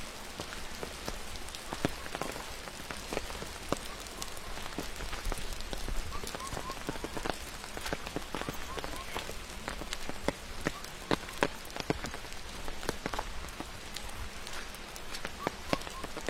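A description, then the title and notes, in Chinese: Walking along a forest trail in the rain, with a steady hiss of rainfall filling the whole clip. Dense, irregular taps and sharp drips, brighter hits scattered throughout, over a soft low rumble that stays constant. 在雨中沿着森林步道漫步。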